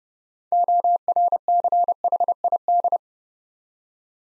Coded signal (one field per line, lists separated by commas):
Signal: Morse code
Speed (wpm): 28 wpm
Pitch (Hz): 700 Hz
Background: none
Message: ORCHID